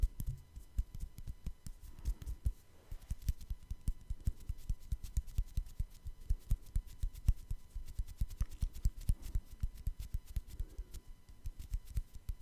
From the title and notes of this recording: Tapping No Talking.